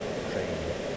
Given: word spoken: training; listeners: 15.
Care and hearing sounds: one English word in noise, from a listening test; speech-shaped noise; -4.6 dB; 0 of 15; 10 of 15; 0.57 s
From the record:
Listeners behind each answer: 10, 1, 1, 1, 1, 1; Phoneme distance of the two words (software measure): 14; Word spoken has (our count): 2 syllables, 6 phonemes, stress on syllable 1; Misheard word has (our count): 1 syllable, 4 phonemes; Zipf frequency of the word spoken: 4.99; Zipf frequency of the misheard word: 4.98

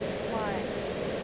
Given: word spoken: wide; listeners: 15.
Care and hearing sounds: one English word in noise, from a listening test; speech-shaped noise; -5.8 dB; 0 of 15; 10 of 15; 0.83 s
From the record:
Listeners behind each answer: 10, 1, 1, 1, 1, 1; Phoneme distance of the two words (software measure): 24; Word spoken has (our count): 1 syllable, 3 phonemes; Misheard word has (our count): 2 syllables, 5 phonemes, stress on syllable 1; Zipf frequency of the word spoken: 4.73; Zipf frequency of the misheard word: 4.86

